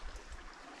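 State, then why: Not seated. A part, likely the battery or a mount, is being pushed into a GoPro Hero 11 action camera while it is being handled. Only low rumbling handling noise is heard, with no distinct click. The part has not seated or clicked in yet.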